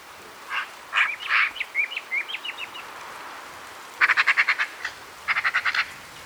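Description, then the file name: Eurasian magpie giving harsh rattling chatter in two rapid bursts of dry, grating notes, preceded by a run of short squeaky, chirping notes. "Pica pica"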